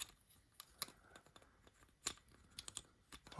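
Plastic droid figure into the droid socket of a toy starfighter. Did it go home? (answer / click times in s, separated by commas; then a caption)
no / none. A small plastic droid figure from a micro-scale toy ship is pushed into the droid attachment socket of a small plastic X-wing toy starfighter. Only a few faint, light plastic taps and ticks are heard over quiet background. The droid never snaps in or clicks into place, and it sits loose in the socket.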